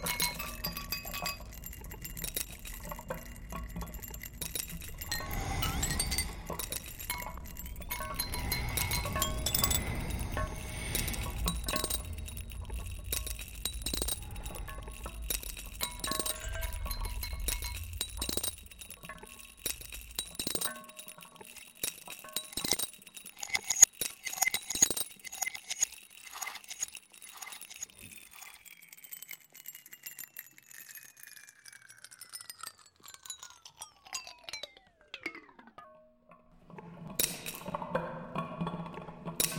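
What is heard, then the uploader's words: Ice cubes are dropped into glasses and a mug, giving sharp clinks and rattles in irregular bursts. A low rumble sits under the first twenty seconds. Later the clinks thin out as a ringing tone glides steadily down in pitch, then a brief clatter closes. I recorded some ice cubes dropped into different glasses and a mug with a Zoom H1, looped them with SooperLooper, played around with speed and levels thanks to a mapped Xone:K1 controller, and further edited the output and other samples + mixed it all into Audacity.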